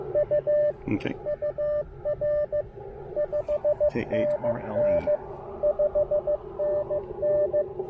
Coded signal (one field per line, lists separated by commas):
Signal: Morse code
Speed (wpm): 17 wpm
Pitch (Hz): 590 Hz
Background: speech, radio noise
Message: U UR 5NN 5NN